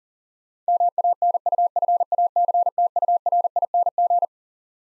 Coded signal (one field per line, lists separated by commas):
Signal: Morse code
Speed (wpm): 37 wpm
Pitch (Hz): 700 Hz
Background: none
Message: MANUFACTURING